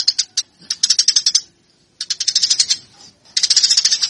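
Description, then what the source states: Eurasian tree sparrow delivering clipped, bright chirps in uneven bursts, some notes spaced, others crowded into rapid chatter, with brief gaps between phrases. Fighting-style (tarung) song, used as a master for training birds.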